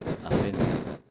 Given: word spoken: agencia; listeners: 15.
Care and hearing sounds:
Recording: one Spanish word in noise, from a listening test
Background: noise modulated by one talker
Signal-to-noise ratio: -11.4 dB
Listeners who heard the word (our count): 0 of 15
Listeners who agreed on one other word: 8 of 15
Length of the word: 0.71 s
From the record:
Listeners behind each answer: 8, 1, 1, 1, 1, 1, 1, 1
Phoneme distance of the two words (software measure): 37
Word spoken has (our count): 3 syllables, 7 phonemes, stress on syllable 2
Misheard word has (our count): 3 syllables, 6 phonemes, stress on syllable 2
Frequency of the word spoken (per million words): 49.58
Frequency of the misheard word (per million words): 17.31

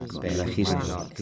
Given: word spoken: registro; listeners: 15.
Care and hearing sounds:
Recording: one Spanish word in noise, from a listening test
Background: four-talker babble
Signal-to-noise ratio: -1.3 dB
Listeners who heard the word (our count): 3 of 15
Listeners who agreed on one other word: 9 of 15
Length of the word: 0.82 s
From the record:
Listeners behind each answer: 9, 3, 1, 1, 1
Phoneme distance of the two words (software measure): 7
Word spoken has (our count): 3 syllables, 8 phonemes, stress on syllable 2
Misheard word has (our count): 3 syllables, 9 phonemes, stress on syllable 2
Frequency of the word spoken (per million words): 49.20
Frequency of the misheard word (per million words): 18.04

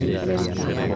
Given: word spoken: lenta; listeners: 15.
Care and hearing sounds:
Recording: one Spanish word in noise, from a listening test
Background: eight-talker babble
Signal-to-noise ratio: -2.1 dB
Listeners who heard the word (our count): 0 of 15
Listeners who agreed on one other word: 7 of 15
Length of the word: 0.56 s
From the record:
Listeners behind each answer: 7, 3, 1, 1, 1, 1, 1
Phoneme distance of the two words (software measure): 37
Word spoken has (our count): 2 syllables, 5 phonemes, stress on syllable 1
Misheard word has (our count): 2 syllables, 6 phonemes, stress on syllable 1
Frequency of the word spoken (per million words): 20.92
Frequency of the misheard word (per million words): 14.26

